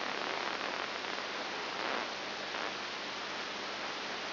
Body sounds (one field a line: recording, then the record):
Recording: brain microelectrode recording played as sound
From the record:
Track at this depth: inside the subthalamic nucleus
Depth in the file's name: 4.502 mm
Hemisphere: left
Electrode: 3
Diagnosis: Parkinson's disease